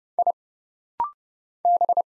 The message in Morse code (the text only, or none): I B